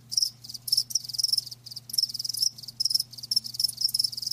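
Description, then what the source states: Crickets chirping in bright, rapid pulse bursts, each lasting a fraction of a second, repeating steadily over a low hum. Live crickets chirping, a lulling song.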